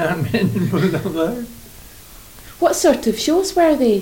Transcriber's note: laughs